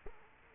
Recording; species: mosquito wingbeat signal from an infrared sensor; Culex quinquefasciatus